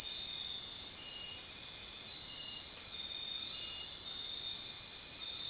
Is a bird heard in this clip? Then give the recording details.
no. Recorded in secondary vegetation near Puerto Asís, Putumayo, Colombia, on 25 June 2025 at 21:30. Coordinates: 0.499, -76.323. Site G077